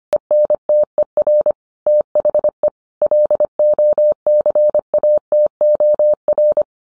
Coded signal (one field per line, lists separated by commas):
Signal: Morse code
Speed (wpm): 25 wpm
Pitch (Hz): 600 Hz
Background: none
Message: ENTER THE LOCATOR